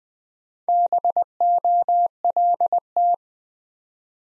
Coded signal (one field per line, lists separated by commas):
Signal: Morse code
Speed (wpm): 20 wpm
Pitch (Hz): 700 Hz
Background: none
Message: BOLT